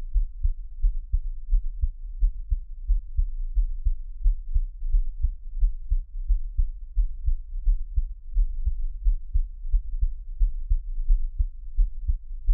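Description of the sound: Steady low thumps at about 87 a minute: an adult's own heartbeat heard close up as a Taiwanese ASMR track, with no talking.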